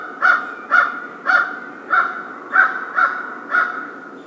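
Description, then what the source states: American crow giving seven loud, harsh caws in a steady series about every half second. Recorded 2010-02-01.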